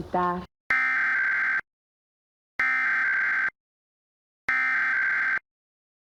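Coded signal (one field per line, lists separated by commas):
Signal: Emergency Alert System (SAME) tones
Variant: header bursts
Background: speech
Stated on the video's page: EAS alerts, all of them tests.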